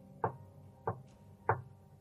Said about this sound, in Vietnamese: Ông Bình đi vào nhà thì vừa quay lưng lại được mấy bước thì bỗng nghe thấy tiếng gõ cửa tiếp.